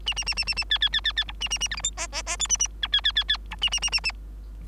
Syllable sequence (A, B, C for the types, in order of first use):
A A A A A A B B B B B C A A A D E F G G G H A A I B B B B C A A A A A